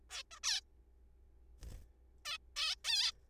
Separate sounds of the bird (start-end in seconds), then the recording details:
0.10-0.23, 0.31-0.39, 0.44-0.61, 2.25-2.38, 2.56-2.75, 2.85-3.11. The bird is a juvenile. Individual R3428